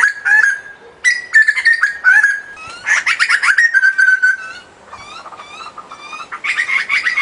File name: jagal papua kicau omkicau